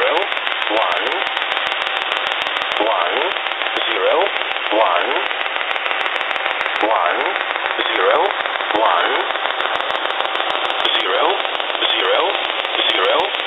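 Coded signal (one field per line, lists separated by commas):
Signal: numbers station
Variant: E07a English Man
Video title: Russian E07a "English Man" number station at 11082 kHz (null message)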